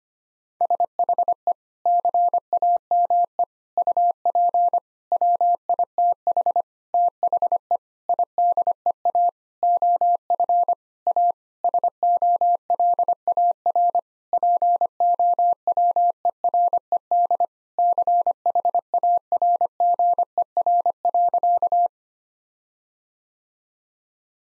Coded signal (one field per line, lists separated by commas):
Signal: Morse code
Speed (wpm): 25 wpm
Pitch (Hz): 700 Hz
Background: none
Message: SHE CAME UP WITH THE IDEA OF A SOLAR POWERED CHARGER.